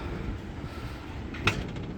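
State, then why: Seated. A Solo Stove Pi pizza oven on its rotating Pi Stand Version 2.0 is turned back around after wood is loaded in the back, with a soft rotating rub building just before a sharp metal click. At 1.5 s the metal detent clicks as the turntable top locks into place on its stand base, over a low steady outdoor background.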